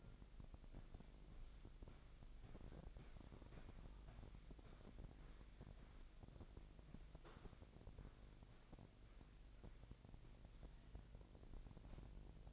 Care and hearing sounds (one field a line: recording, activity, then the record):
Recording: daily activity, microphone in the room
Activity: walk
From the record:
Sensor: 5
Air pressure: 1001.7 hPa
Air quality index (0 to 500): 182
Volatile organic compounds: 12 ppm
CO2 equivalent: 2341 ppm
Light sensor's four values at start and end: 30/100/38/40 and 30/100/38/40